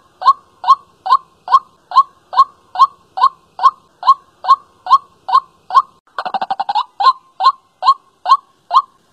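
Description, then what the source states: White-breasted waterhen uttering regular short notes at a steady tempo, broken later by a quick rattling burst before the even series resumes. Calling at night.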